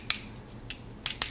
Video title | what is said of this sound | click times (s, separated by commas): Samurai Team Ganoh - Transformers GO! | one two clicks of the ratchet here at kinon shoulder then | 0.1 s, 1.2 s